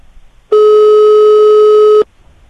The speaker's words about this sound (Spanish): Parece que no responde. No nos cogen el teléfono.